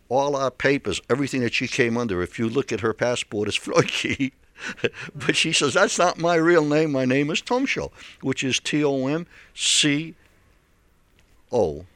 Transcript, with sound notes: All our papers, everything that she came under, if you look at her passport, it's Flaqui. (he laughs) But she says, "That's not my real name. My name is Tomco," which is T-O-M-C-O.